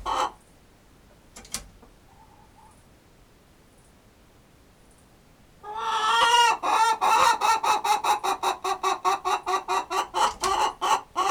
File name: chicken noises